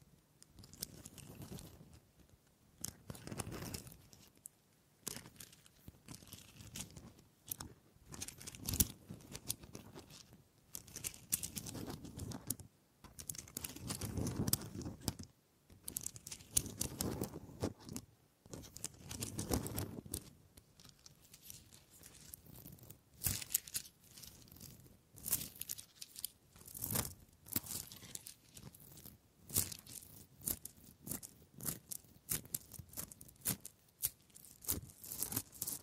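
Wood triggers: a dense run of short tapping, scratching and crunching sounds on wood, irregular and quick throughout. Some passages carry fuller, lower rubbing or crinkling swells, around 3, 11–20 seconds, while later sections turn to brighter, sharper taps with brief pauses between.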